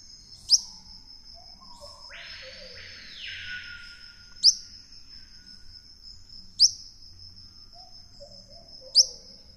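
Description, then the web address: Whiskered flycatcher calls: four crisp, very high single chips at uneven gaps, set against a constant shrill insect whine and one broad hissing insect burst. Recorded in the eastern lowlands of South America. "Natures Songs S America Eastern Lowlands. Myiobius barbatus, calls or song"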